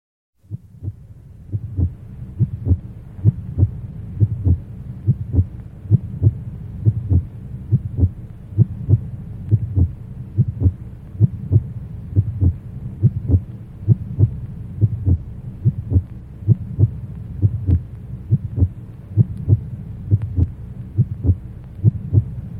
Heart Beat.